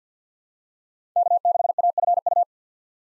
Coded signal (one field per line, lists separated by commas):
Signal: Morse code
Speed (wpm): 50 wpm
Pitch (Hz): 700 Hz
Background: none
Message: K6AFU